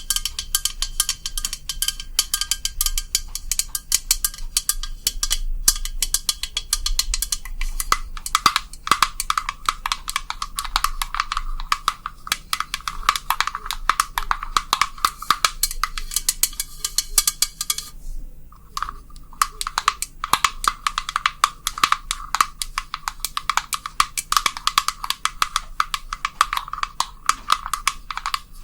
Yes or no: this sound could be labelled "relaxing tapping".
yes